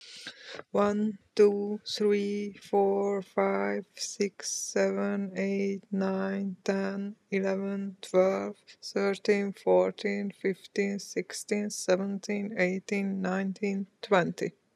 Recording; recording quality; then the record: counting at a normal pace; excellent, no background noise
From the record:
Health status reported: healthy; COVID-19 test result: not tested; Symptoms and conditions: none ticked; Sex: female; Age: 37 years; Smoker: not ticked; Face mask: not worn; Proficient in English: yes